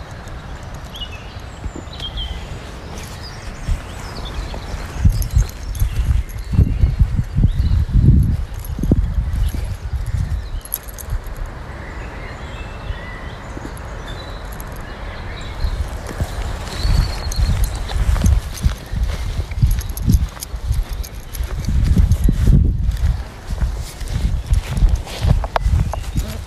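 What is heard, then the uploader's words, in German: A walk in the woods with a dog: heavy, irregular low thumps and crunches of steps come in clusters, strongest around five to ten seconds and again after fifteen. Birds chirp thinly in the background throughout, with brighter calls near seventeen seconds. Abends mit dem Hund raus. Eine Stunde Spaziergang im Wald mit Hund. Viele Vögel, ein paar andere Spaziergänger*innen, keine anderen Hunde.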